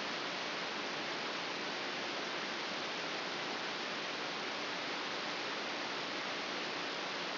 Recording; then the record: brain microelectrode recording played as sound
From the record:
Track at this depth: outside the subthalamic nucleus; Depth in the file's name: 6.201 mm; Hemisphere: right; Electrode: 3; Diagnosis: Parkinson's disease